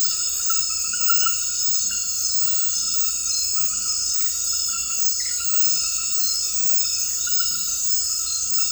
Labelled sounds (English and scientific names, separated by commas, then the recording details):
none
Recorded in dense forest near Puerto Asís, Putumayo, Colombia, on 18 February 2024 at 23:30
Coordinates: 0.484, -76.317
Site G6464